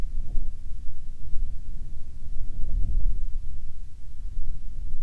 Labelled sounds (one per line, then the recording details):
wind
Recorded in the Prudhoe Bay oil fields, Alaska, on 7 August 2019 at 13:50
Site 17